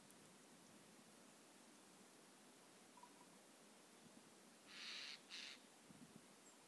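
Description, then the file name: Eurasian jay uttering two short, hoarse screeching bursts in quick succession near the end, after a stretch of quiet background hiss. "Garrulus glandarius"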